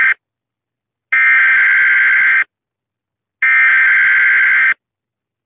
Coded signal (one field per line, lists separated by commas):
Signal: Emergency Alert System (SAME) tones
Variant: header bursts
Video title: The Crisis of '24: An EAS Scenario